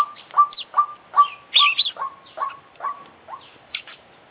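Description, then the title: Oriental magpie-robin song: clipped notes repeated at a regular pace, briefly joined by a louder squeaky burst, then the notes soften and fade. Indonesian songbird-hobby recording of an international champion contest bird, full 'isian' song repertoire, bird described as 'gacor' (singing actively). "Kicau Mania - Full Isian Juara Internasional Burung KACER Gacor"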